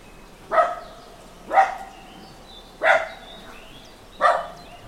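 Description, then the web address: Dog barking four times at fairly even intervals of just over a second. Dog barking in a small farmyard with a traffic-free background. "Hollywood Edge Historical Series Traffic Free BG's Small Farmyard Dog Barking"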